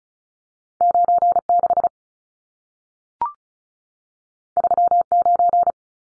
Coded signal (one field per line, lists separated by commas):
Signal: Morse code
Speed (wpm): 36 wpm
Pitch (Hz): 700 Hz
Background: none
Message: 96 39